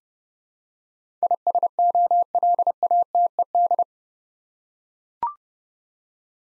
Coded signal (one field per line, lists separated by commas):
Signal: Morse code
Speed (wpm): 28 wpm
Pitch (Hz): 700 Hz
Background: none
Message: ISOLATED